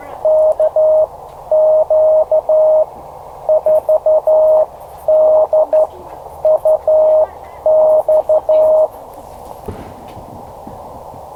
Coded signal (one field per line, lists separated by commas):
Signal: Morse code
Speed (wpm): 13 wpm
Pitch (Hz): 620 Hz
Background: none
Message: KQ4DUX